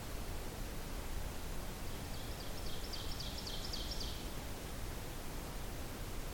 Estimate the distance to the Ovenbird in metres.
about 75 m